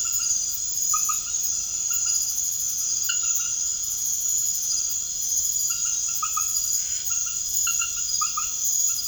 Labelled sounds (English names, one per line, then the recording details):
none
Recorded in secondary vegetation near Puerto Asís, Putumayo, Colombia, on 21 March 2025 at 23:00
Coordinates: 0.489, -76.322
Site G042